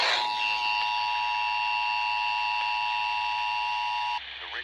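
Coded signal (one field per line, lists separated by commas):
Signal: Emergency Alert System (SAME) tones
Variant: 853 and 960 Hz attention tone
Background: speech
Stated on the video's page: Child abduction emergency relayed across FM, AM, TV, the state EAS relay network on 155.475 MHz and NOAA Weather Radio on 162.550, 162.425 and 162.475 MHz.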